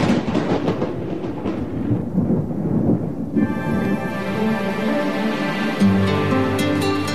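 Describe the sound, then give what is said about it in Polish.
Low, rolling thunder from a thunderstorm, amid rainy, stormy weather with possible hail, rumbles steadily for about three seconds, then a sustained tonal musical chord swells in over the fading noise. “Dziś tak właśnie wielokrotnie. Deszczowo, burzowo, po południu możliwe burze, także z gradem.”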